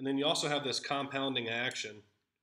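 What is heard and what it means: Someone talks about the lever cap's cam lever on a metal No. 62 low-angle jack hand plane, which is pressed down to clamp the blade and whose compounding action gives a sharp click that signals good registration. Only talking is heard, and the clip ends with the lever cap handled but not yet home; nothing has seated or clicked yet.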